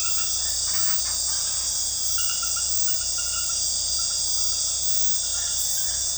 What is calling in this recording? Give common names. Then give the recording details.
none. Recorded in dense forest near Puerto Asís, Putumayo, Colombia, on 20 February 2024 at 23:30. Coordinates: 0.487, -76.319. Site G6403